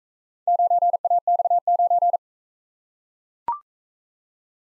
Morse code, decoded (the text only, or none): 9AX9